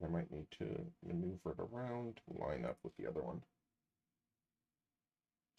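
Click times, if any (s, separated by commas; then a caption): none. During assembly of a 3D-printed filament enclosure, a printed enclosure panel or part is being maneuvered to line up with its matching piece while someone talks for about the first 3.5 seconds. The rest of the clip is near silence, with only a faint sound at the very end. Nothing has seated or clicked into place yet.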